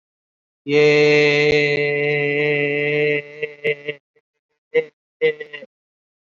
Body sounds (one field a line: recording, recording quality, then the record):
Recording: sustained vowel as in made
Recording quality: excellent, no background noise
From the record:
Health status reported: COVID-19 positive, mild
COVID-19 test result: positive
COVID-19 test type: RT-PCR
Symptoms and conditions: cold, fever, another respiratory illness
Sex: male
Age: 27 years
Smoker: no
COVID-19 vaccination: both doses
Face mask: worn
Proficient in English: yes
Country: India